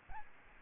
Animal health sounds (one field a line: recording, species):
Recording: mosquito wingbeat signal from an infrared sensor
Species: Aedes albopictus